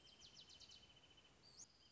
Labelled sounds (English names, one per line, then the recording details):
Wrentit
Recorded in Sonoma County, California